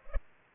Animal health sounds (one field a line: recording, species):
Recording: mosquito wingbeat signal from an infrared sensor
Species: Culex pipiens